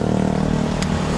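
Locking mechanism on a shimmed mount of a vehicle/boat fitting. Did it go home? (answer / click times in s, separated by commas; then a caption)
yes / 0.8 s. Against a steady low, engine-like drone, a locking part is pushed into a vehicle or boat fitting's mount that has been shimmed on one side with washers. A single sharp click sounds at 0.8 s as the lock seats into place.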